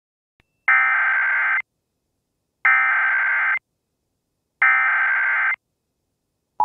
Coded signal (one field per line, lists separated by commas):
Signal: Emergency Alert System (SAME) tones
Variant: header bursts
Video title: EAS Mock: The Night Chicago Died